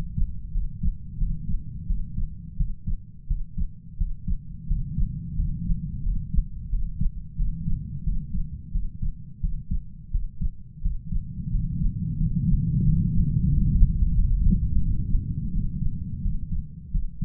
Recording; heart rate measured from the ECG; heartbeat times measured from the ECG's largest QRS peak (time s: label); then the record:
heart sounds by stethoscope; 88 bpm
0.52 s: heartbeat
1.18 s: heartbeat
1.87 s: heartbeat
2.57 s: heartbeat
3.27 s: heartbeat
3.97 s: heartbeat
4.67 s: heartbeat
5.35 s: heartbeat
6.03 s: heartbeat
6.69 s: heartbeat
7.36 s: heartbeat
8.04 s: heartbeat
8.71 s: heartbeat
9.40 s: heartbeat
10.11 s: heartbeat
10.81 s: heartbeat
11.50 s: heartbeat
12.17 s: heartbeat
12.83 s: heartbeat
13.49 s: heartbeat
14.13 s: heartbeat
14.80 s: heartbeat
15.52 s: heartbeat
16.21 s: heartbeat
16.91 s: heartbeat
From the record:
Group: healthy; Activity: rest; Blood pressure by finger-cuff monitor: 120/81 mmHg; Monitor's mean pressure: 93 mmHg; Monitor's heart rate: 89 bpm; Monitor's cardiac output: 7.2 L/min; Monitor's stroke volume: 81 mL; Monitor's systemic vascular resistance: 940 dyn s/cm5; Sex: male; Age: 33 years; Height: 179 cm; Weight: 80.4 kg